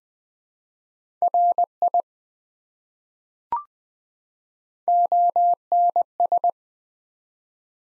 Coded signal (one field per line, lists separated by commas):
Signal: Morse code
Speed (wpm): 20 wpm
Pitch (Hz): 700 Hz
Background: none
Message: RI ONS